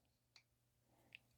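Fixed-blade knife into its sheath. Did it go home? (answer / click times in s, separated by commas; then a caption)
partly / 0.4 s, 1.1 s. A fixed-blade knife is pushed into its sheath, giving only very faint, sharp clicks at about 0.4 and 1.2 seconds over a quiet background. The knife barely clicks in: there is no real positive retention, and the hold is mostly friction.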